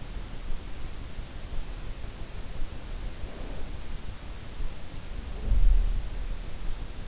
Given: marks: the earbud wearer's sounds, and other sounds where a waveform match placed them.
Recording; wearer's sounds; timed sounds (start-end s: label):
sounds in sleep by an in-ear microphone; snoring breath
3.26-4.12 s: snoring breath